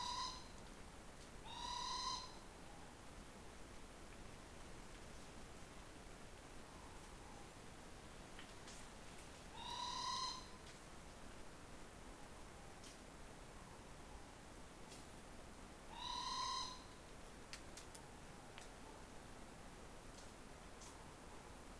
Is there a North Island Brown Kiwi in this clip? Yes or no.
no